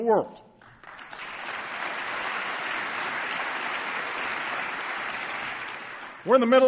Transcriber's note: applause